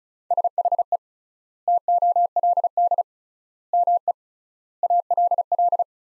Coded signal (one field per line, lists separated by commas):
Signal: Morse code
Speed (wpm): 34 wpm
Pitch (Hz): 700 Hz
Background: none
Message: SHE TOLD ME ALL